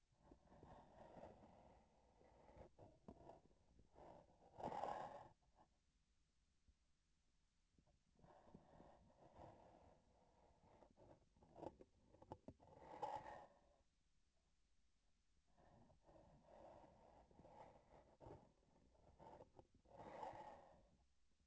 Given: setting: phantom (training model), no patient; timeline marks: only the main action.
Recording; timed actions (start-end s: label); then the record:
laparoscopic instrument, vibration sensor on the handle end
2.74-4.28 s: palpation
11.87-12.57 s: palpation
18.46-19.81 s: palpation
From the record:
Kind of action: gesture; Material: synthetic tissue